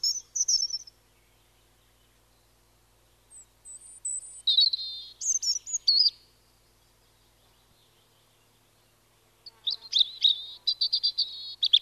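European robin song in separated phrases: sweet high twittering, a thin sustained whistle, rapid trilled runs, and long silent gaps between phrases.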